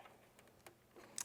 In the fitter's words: it should almost like Snap in place there we go